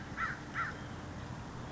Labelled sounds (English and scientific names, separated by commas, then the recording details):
American Crow (Corvus brachyrhynchos)
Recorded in Sonoma County, California